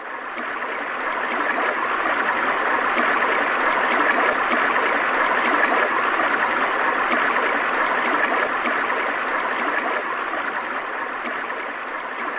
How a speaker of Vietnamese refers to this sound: Chàng vừa rửa kiếm vừa vui mừng nhìn dòng suối nhỏ đang chảy về.